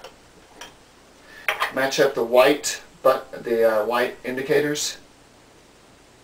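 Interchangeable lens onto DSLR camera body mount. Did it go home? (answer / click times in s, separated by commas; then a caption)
no / none. A rear cover is taken off an interchangeable lens and the lens's white index mark is lined up with the one on a Canon Rebel EOS T1i DSLR body mount before it is twisted on. Faint handling knocks come at about 0.0 and 0.6 s, then someone talks from about 1.5 to 5 s. The lens has not seated or clicked into place yet.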